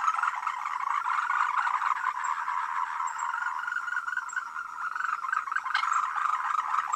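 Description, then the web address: A dense frog chorus of overlapping rasping croaks, steady and unbroken for the whole stretch. "voice cam frogs"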